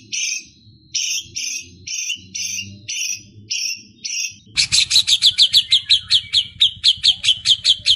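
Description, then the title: White-rumped shama song: a series of short buzzy notes repeated about two or three times a second, then a fast, even, high rattling trill. Training recording for cage birds. "MURAI BATU LABAIK"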